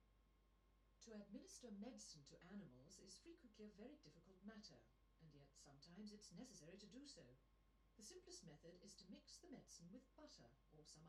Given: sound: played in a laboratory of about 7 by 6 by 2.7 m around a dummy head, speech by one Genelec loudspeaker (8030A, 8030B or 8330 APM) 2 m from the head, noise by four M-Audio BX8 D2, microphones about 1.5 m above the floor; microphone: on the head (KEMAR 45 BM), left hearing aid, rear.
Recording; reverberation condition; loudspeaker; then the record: female speech in English; low; 30 degrees to the right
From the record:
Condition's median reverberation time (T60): about 310 ms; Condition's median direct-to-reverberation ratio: about 3.5 dB